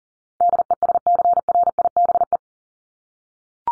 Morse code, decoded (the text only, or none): DESCRIBE